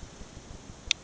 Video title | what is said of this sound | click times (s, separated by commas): FREE ADJUSTABLE FISHING BOBBER | it and it snaps. You hear that snap? Okay? | 0.9 s